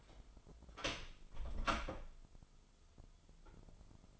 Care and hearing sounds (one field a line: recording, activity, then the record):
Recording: daily activity, microphone in the room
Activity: close door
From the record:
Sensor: 5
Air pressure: 996.3 hPa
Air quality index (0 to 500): 41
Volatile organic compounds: 1 ppm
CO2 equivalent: 644 ppm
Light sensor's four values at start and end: 42/99/41/43 and 42/100/41/43